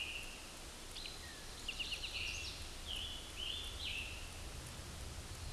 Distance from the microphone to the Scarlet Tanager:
about 45 m